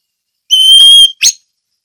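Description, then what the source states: Orange-headed thrush giving one long steady high whistle followed by a short buzzy note. Ngeplong song style.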